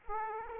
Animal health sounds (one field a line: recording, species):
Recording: mosquito wingbeat signal from an infrared sensor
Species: Aedes aegypti